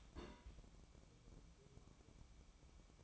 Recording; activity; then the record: daily activity, microphone in the room; place on stove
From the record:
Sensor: 1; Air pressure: 1008.1 hPa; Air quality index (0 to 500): 134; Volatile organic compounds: 2 ppm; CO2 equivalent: 1131 ppm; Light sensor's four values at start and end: 8/18/7/8 and 8/18/7/8